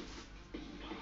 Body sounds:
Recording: background sound without coughing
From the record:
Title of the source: BackgroundMusic

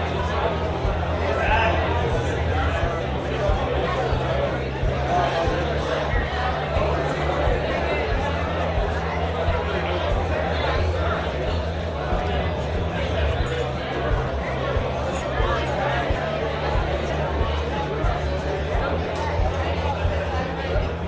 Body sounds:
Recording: background sound without coughing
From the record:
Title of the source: CITY SOUNDS Busy Bar in the Evening Night - 2 HOURS of Ambiance for Relaxation

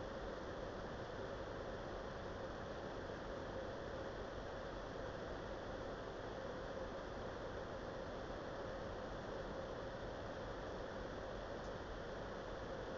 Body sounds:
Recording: background sound without coughing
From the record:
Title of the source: wind

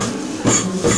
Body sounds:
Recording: coughing mixed with background sound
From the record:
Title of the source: Cough Around the Clock!

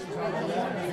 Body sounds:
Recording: coughing mixed with background sound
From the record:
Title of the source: female coughing - coughing sound effects girl

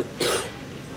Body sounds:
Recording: coughing mixed with background sound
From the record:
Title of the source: 30 Chesty and wet cough

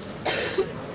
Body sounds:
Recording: coughing mixed with background sound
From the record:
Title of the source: 55 gaggy wet cough

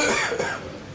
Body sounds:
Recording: coughing mixed with background sound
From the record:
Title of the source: Spring Cold Coughing 2

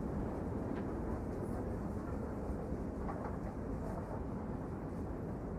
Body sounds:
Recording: background sound without coughing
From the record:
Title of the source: Train Ride Ambience ambient white noise for sleeping, focus, studying, reading

